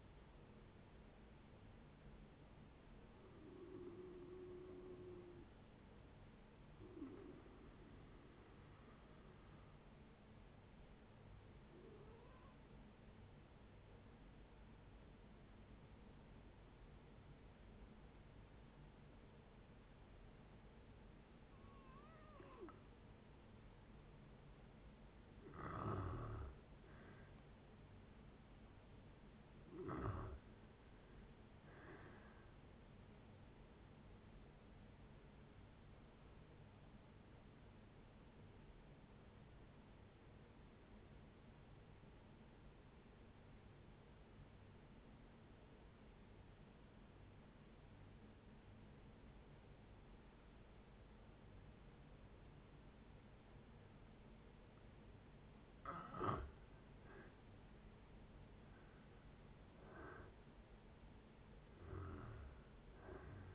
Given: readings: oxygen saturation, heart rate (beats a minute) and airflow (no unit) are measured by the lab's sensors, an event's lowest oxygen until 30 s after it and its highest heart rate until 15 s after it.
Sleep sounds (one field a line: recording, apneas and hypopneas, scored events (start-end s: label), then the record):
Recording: breathing in sleep by a voice recorder at the bedside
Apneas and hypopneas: 2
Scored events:
9.00-25.50 s: hypopnea (N1, oxygen 96% highest, then 89% lowest, heart rate 60 at the start, 76 highest)
16.00-46.00 s: new sleep stage, N2 (light sleep)
39.00-56.30 s: obstructive apnea (N2, oxygen 96% highest, then 87% lowest, heart rate 70 at the start, 71 highest)
46.00-63.55 s: new sleep stage, N1 (lightest sleep)
From the record:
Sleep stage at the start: N1 (lightest sleep)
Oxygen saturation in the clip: 86 to 96%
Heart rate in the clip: 59 to 76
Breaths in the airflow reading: 9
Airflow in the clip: -10.1 to 12.1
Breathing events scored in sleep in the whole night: 496 in 5.4 hours asleep